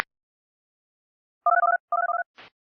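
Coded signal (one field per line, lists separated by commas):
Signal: DTMF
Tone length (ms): 60 ms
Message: 123123123123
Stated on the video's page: Mock EAS tornado warning for San Mateo, with the activation announced by a synthesized voice.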